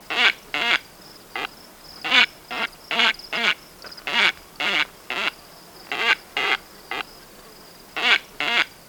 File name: White faced Ibis